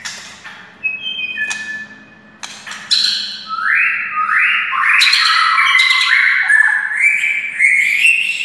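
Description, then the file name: White-rumped shama song: a run of rising slurred whistles stepping upward, mixed with harsh clicks and buzzy high notes. Wild white-rumped shama (murai hutan). "suara murai hutan asli"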